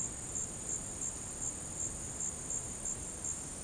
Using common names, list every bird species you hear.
none